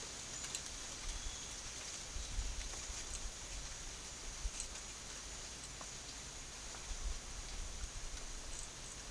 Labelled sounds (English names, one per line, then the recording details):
none
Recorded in pastures near Puerto Asís, Putumayo, Colombia, on 25 June 2025 at 11:30
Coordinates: 0.502, -76.324
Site G010